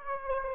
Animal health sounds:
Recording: mosquito wingbeat signal from an infrared sensor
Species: Aedes aegypti

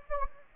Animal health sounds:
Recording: mosquito wingbeat signal from an infrared sensor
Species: Anopheles gambiae

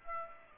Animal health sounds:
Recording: mosquito wingbeat signal from an infrared sensor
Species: Aedes aegypti

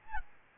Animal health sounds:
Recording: mosquito wingbeat signal from an infrared sensor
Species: Aedes albopictus

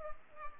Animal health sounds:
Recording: mosquito wingbeat signal from an infrared sensor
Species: Culex pipiens

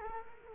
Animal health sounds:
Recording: mosquito wingbeat signal from an infrared sensor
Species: Culex quinquefasciatus

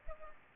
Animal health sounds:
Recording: mosquito wingbeat signal from an infrared sensor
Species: Culex pipiens

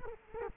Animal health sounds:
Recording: mosquito wingbeat signal from an infrared sensor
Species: Culex quinquefasciatus

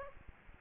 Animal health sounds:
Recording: mosquito wingbeat signal from an infrared sensor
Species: Aedes aegypti

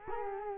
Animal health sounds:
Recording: mosquito wingbeat signal from an infrared sensor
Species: Culex quinquefasciatus

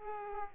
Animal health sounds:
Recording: mosquito wingbeat signal from an infrared sensor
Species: Aedes aegypti

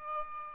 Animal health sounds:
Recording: mosquito wingbeat signal from an infrared sensor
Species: Aedes albopictus

